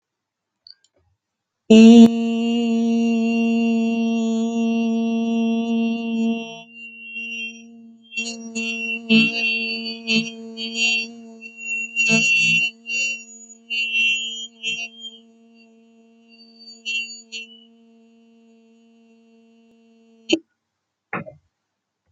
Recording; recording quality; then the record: sustained vowel as in beet; excellent, no background noise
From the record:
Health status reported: healthy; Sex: female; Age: 28 years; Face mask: not worn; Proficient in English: yes